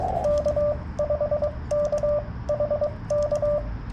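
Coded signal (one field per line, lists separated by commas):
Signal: Morse code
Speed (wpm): 23 wpm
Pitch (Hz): 1180 Hz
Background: radio noise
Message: K5KHK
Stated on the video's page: CW Parks On The Air activation with a Yaesu FT-891 100 W field rig in poor band conditions.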